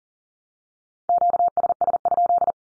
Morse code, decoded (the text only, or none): QSS?